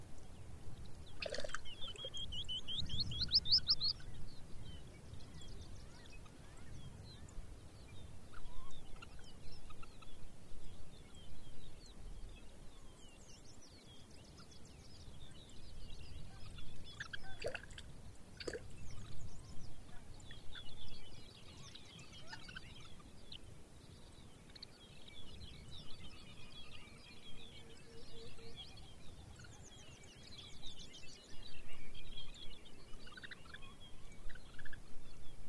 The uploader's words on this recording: Arctic Wildlife Refuge. Listen to Ptarmigan, longspurs, rough legged hawks, red necked phalarope and the arctics very own bluethroat.